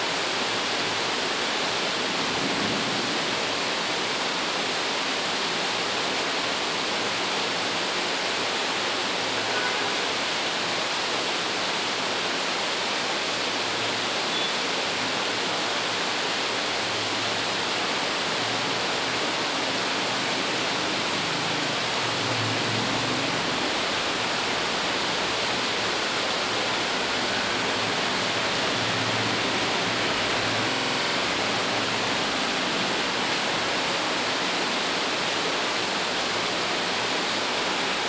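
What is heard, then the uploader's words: Rain falls steadily and heavily, a dense, even hiss with no letup for the whole stretch. The sound is bright, filling the air uniformly, with a faint low rumble beneath that swells briefly around the middle. Raining in Bangalore. This is how rain sounds in Bangalore.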